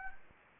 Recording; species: mosquito wingbeat signal from an infrared sensor; Anopheles arabiensis